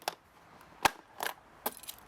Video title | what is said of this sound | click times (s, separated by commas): SH43 + SH46 Shad Luggage Case Review on FZ6 | the latch firmly clicks into place and leaves no question in your mind whether it's connected or not | 0.1 s, 0.9 s